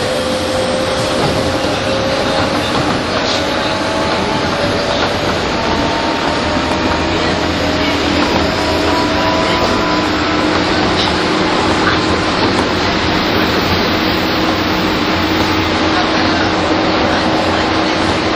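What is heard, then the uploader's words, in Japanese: Steady, dense rumble from inside a commuter express train, with faint motor whines gliding in pitch and occasional murmured voices. 一昔前まで中央線東京口の主役だった201系、優等運用となる中央特快を収録したものです。201系 中央特快 01/01: 東京～高尾。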